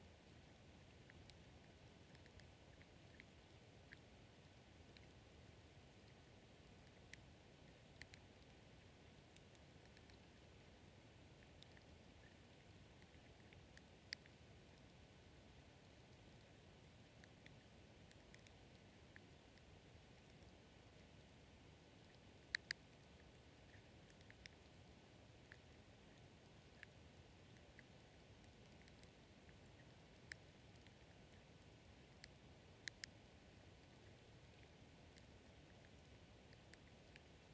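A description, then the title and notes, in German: A carp pond at night: a steady low rushing hiss throughout, with scattered faint clicks and a sharper tick near twenty-three seconds. Unterwasser-Karpfen. Die erste Aufnahme mit meinem Unterwasser-Mikrophon: Ein Karpfenteich in der Nacht. Es war kein Regen und der Bach, der Wasser nachlieferte, war versiegt.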